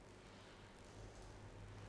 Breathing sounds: one breath in and out by a microphone near the nose and mouth; normal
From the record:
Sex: female

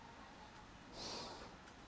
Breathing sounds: one breath in and out by a microphone near the nose and mouth; normal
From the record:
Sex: male

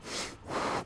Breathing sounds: one breath in and out by a microphone near the nose and mouth; strong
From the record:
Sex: male

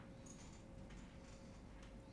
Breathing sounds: one breath in and out by a microphone near the nose and mouth; normal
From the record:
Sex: male

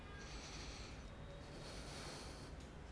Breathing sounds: one breath in and out by a microphone near the nose and mouth; deep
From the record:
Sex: male

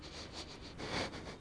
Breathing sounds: one breath in and out by a microphone near the nose and mouth; strong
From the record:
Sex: male

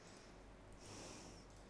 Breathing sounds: one breath in and out by a microphone near the nose and mouth; normal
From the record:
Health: marked as sick, illness not named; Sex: female

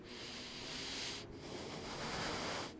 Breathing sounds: one breath in and out by a microphone near the nose and mouth; deep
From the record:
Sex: male

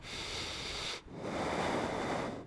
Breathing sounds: one breath in and out by a microphone near the nose and mouth; deep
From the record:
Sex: male

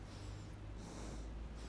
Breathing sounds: one breath in and out by a microphone near the nose and mouth; normal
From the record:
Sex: male

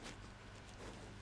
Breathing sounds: one breath in and out by a microphone near the nose and mouth; strong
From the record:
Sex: male

